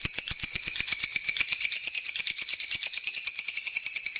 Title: Suara Kicau Burung Lovebird - Masteran Lovebird Ngekek